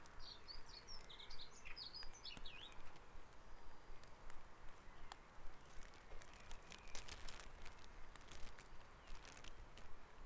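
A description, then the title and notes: Birds chirp brightly near the start of a dawn chorus, over a steady low rumble of traffic and scattered sharp clicks throughout. Dawn Chorus // Back Dragon Avenue, Harrogate.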